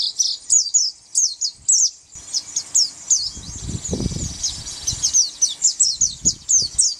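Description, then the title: White-eye singing a quick high twittering warble of slurred notes, over some low rumbling background noise in the middle of the passage. "Pleci"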